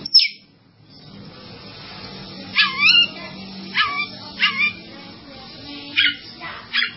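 Bird singing brief, high whistled phrases that slide downward, at irregular intervals, against a constant low droning hum.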